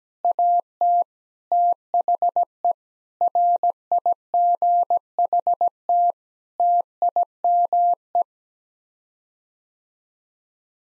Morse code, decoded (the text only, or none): AT THE RIGHT TIME